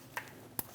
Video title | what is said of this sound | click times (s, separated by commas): How to Replace Oil Cooler 2016-2025 Chevrolet Malibu 1.5L L4 | Push until you hear a click, and then lock that locking tab down. | 0.6 s